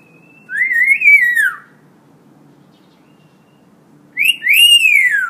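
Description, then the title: Hill myna gives two loud arching whistles, each rising then falling over about a second, separated by a few seconds of quiet with soft low hum. Vocal ('gacor') hill myna; tutor audio (masteran) for training birds. "Suara Burung Beo Gacor Cocok Untuk Masteran"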